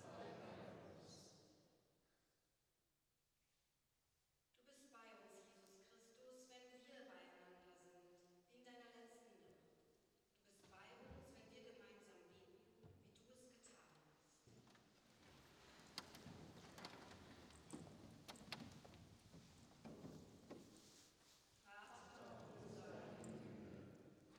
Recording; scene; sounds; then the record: everyday scene through a hearing-aid microphone; reverberant space; speech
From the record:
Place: church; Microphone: in the ear canal, right